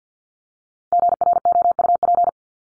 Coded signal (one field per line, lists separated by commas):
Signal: Morse code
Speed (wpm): 49 wpm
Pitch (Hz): 700 Hz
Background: none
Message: GROUP